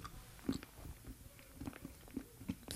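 An adult chewing chocolate right up against the microphone, with about five sharp clicks or cracks at irregular intervals over three seconds. The clicks are a clicking jaw joint, a common temporomandibular joint sound during chewing, heard against a quiet room background.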